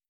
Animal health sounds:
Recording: hydrophone in a shrimp aquaculture tank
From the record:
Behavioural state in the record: starved

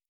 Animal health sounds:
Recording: hydrophone in a shrimp aquaculture tank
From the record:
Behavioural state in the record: normal

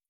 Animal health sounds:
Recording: hydrophone in a shrimp aquaculture tank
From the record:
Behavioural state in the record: feeding

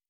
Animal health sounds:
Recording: hydrophone in a shrimp aquaculture tank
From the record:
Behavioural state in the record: normal

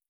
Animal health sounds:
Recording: hydrophone in a shrimp aquaculture tank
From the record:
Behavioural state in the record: feeding

